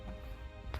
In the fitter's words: and then it will click into place so